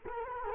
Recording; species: mosquito wingbeat signal from an infrared sensor; Culex quinquefasciatus